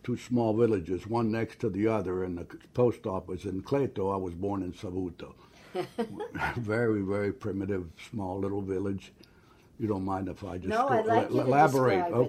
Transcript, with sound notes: They're two small villages, one next to the other and the post office in Cleto. I was born in Savuto. (laughs) Very very primitive, small little village. You don't mind if I just go -
No, I like It --
-- elaborate.